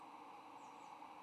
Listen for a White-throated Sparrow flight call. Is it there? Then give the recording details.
no. No flight call is heard. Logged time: 11:33 on 8 November 2014